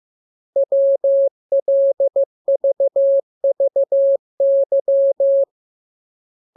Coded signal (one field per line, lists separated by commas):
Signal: Morse code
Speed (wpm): 15 wpm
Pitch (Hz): 550 Hz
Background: none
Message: WLVVY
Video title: Learning Morse Code. Lesson 21. Letter KMURESNAPTLWI.JZ=FOY,V